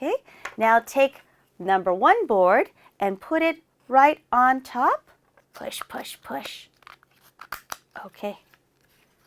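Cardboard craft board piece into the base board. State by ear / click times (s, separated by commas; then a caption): not seated / none. Someone talks while board piece number one, a cardboard craft piece, is placed on top of the assembled rectangle base board and pushed down, with brief crinkling and tapping handling sounds between about 6.8 and 7.7 seconds. Nothing has seated or snapped into place yet.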